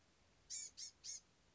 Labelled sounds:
Blue-gray Gnatcatcher
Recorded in Sonoma County, California

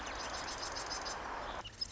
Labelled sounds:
Marsh Wren
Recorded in Sonoma County, California

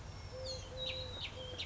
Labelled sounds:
Eurasian Collared Dove
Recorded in Sonoma County, California

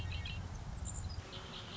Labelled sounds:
Red-winged Blackbird
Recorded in Sonoma County, California

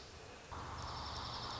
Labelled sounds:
Dark-eyed Junco
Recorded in Sonoma County, California

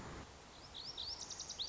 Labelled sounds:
Lazuli Bunting
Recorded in Sonoma County, California

